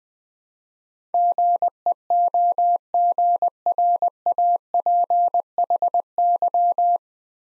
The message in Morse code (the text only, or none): GEOGRAPHY